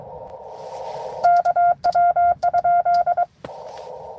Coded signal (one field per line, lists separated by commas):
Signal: Morse code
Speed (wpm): 22 wpm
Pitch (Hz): 690 Hz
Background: none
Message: KW?